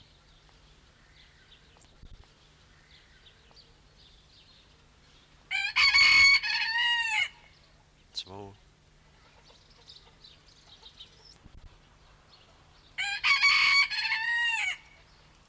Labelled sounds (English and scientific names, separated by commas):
Red Junglefowl (Gallus gallus) call